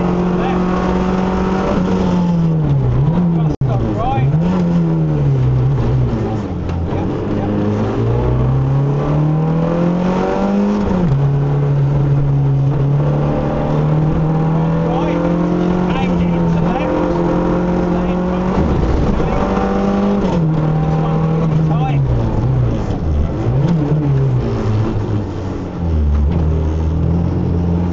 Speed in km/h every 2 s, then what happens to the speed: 109, 61, 31, 39, 60, 68, 76, 84, 87, 97, 81, 40, 23, 29.
0-4 brakes to 31. 4-19 speeds up to 97. 19-25 brakes to 23. 25-28 speeds up to 29.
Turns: 12-18.